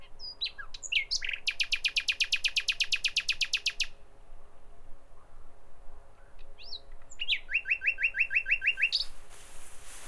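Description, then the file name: Common nightingale song: a few varied notes, then a loud, rapid trill of many repeated notes lasting over two seconds, a pause, then a second fast phrase of repeated notes. "Nachtigall"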